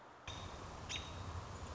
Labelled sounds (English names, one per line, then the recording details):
American Robin
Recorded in Sonoma County, California